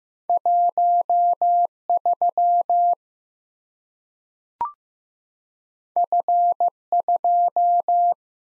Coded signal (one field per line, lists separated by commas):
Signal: Morse code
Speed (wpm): 15 wpm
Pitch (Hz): 700 Hz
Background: none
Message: 1 3 F 2